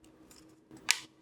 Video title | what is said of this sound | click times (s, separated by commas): Por fin enchufes SONOFF en exterior: probamos su caja IP65 | Faz um clique, sinal de que está no lugar. | 0.9 s